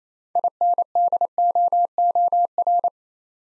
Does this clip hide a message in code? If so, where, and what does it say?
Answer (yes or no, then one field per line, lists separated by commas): yes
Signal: Morse code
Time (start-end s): 0.4-2.9 s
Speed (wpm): 28 wpm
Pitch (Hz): 700 Hz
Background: none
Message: INDOOR